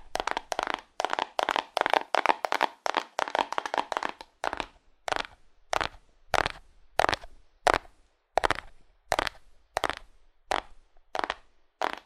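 Rapid, dense cardboard tapping starts the clip, then slows after four seconds into separate, evenly spaced bright taps about twice per second.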